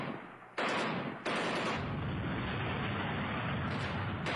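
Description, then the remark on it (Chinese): Loud gunfire and artillery erupt in two sharp blasts, then merge into a dense, sustained roar of shooting and booming rumble with no voices; gunfire heard in Beiping (Beijing) in the early hours of 8 July 1937. “1937年的7月8号凌晨，听到枪炮声”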